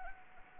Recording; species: mosquito wingbeat signal from an infrared sensor; Anopheles gambiae